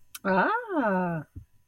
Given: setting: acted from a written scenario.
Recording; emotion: vocal sound without words; elation